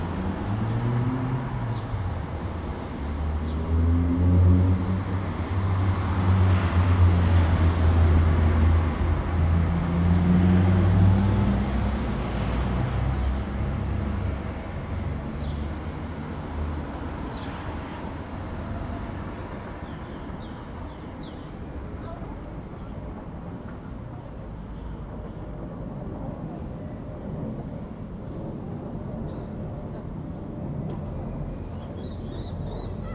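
Busy public space with a steady crowd murmur and low rumbling, louder in the first fifteen seconds, then quieter with faint high clicks.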